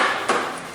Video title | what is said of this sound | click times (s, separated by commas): Jeep Patriot Tail Light & Bulb Replacement (Brake Light & Turn Signal DIY) | You can hear them clicking, and now you put the center piece, the outside piece in | 0.3 s